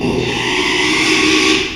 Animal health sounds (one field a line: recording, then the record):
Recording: squeal of a Yucatan mini pig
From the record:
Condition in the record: after surgery on the right vocal fold (resection and tissue-engineered implant)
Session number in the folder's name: 1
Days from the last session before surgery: 6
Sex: male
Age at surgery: 12 weeks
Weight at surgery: 13 kg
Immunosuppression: cyclosporine, prednisolone